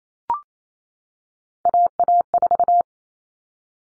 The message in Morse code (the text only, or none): AA4